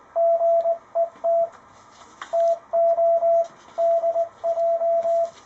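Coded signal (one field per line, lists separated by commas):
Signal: Morse code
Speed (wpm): 20 wpm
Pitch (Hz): 670 Hz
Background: radio noise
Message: GET TO DJ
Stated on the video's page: Ten Tec Paragon transceiver tuned manually to the frequency.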